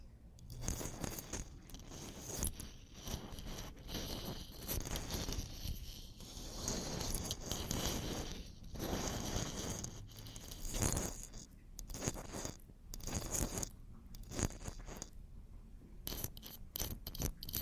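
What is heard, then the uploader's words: Hard and soft stabs on a microphone come in a dense, irregular run of scraping, rattling hits, full from deep thumps to bright clicks. Bursts cluster through the first twelve seconds, then thin into sharper isolated strikes with brief silences near the end. TimASMR- Intense hard and soft stabs on the microphone (without speaking).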